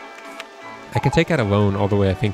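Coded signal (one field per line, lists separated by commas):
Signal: none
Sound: game interface beeps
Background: speech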